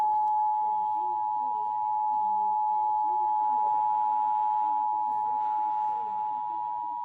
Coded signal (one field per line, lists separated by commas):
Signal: Emergency Alert System (SAME) tones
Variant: 853 and 960 Hz attention tone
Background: speech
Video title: Eas svr on KGG68 and KUHT 8.3 Eas#1314- 1315